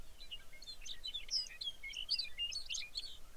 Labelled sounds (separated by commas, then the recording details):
songbird, waterfowl
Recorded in the Arctic National Wildlife Refuge, Alaska, on 23 May 2019 at 05:29
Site 49